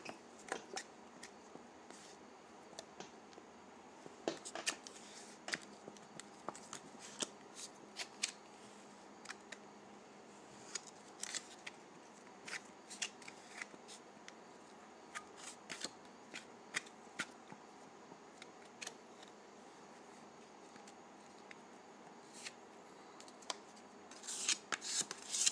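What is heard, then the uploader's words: Dry putty being handled, with many short crisp clicks and crackles scattered throughout over a soft, steady low hiss. The snaps come irregularly, sometimes in quick clusters, and a few louder, brighter crackles stand out near the end. ASMR Dry Putty.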